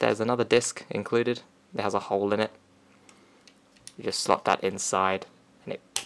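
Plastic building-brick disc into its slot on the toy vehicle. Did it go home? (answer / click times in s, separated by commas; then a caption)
yes / 6.0 s. A plastic LEGO Ninjago Rock Roader (set 70589) building-brick disc with a hole in it is slotted into its slot on the toy vehicle while someone talks. Two faint ticks come at about 3.1 and 3.5 seconds, then a sharp, loud click at 6.0 seconds as the disc seats in place.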